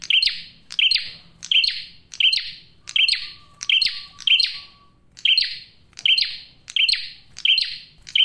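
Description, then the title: Bar-winged prinia giving rapid, piercing chirps in an even rhythm, with a thin, faint steady tone for a few seconds in the middle. Male, singing persistently with a clear, dense voice; suited to luring birds or calling in females. "Masteran Duet Cililin Vs Kapas Tembak. PRENJAK JANTAN GACOR SUARA JERNIH, RAPET. " COCOK UNTUK PIKAT MAUPUN PANCINGAN BETINA ""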